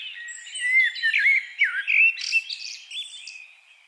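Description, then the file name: Eurasian blackbird song: flowing whistled phrases that dip and rise, fading toward the end. "Turdus merula"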